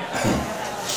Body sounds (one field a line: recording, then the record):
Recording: coughing mixed with background sound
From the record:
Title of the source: Spring Cold Coughing 3